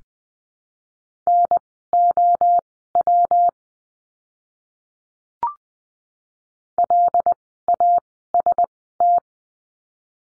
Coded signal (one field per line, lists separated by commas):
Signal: Morse code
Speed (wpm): 20 wpm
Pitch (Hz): 700 Hz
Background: none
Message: NOW LAST